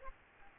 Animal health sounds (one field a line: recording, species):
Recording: mosquito wingbeat signal from an infrared sensor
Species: Aedes aegypti